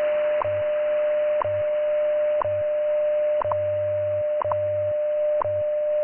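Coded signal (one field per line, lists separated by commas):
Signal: radio time signal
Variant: WWV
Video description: Includes the top of the hour station ID and the full minute 1 660 Hz tone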